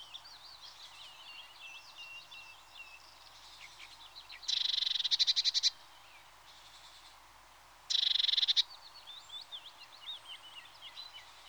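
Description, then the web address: Eurasian blue tit producing two loud, rasping churr bursts a few seconds apart, set against thin, rising and falling twittering notes. "BBC Sound Effects Library. Blue TIT (Parus Caeruleus)"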